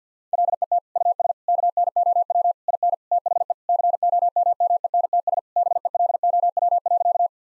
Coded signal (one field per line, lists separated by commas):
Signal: Morse code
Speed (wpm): 50 wpm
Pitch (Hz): 700 Hz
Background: none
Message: LET US KNOW IN THE COMMENTS BELOW.